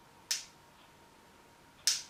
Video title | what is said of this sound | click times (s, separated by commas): Transformers Titans Return Slugslinger - GotBot True Review NUMBER 327 | just listen you can hear an audible click of where they go in | 0.3 s, 1.9 s